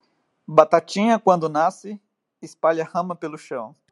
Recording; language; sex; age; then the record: short text; Brazilian Portuguese; male; 30 to 39 years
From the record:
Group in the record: control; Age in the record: 34 years